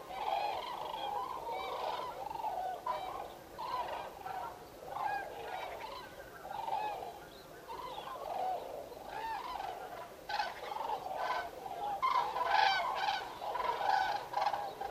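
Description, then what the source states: Common cranes calling in a large group, dense overlapping trumpeting that swells in waves, louder toward the end. Recorded 5 November 2018.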